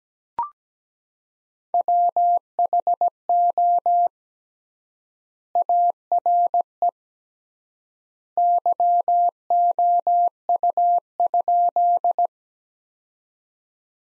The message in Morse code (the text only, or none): WHO ARE YOU?